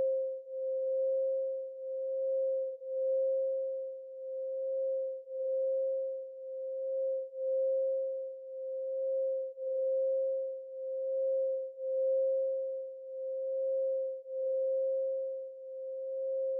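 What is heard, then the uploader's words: A Tibetan singing bowl holds one pure, mid-pitched tone for the whole stretch, with no strike or fresh attack. Its loudness pulses in a slow, regular wobble about once a second, and the sound cuts off abruptly at the very end. Tibetan sound bowl meditation.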